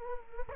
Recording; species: mosquito wingbeat signal from an infrared sensor; Culex quinquefasciatus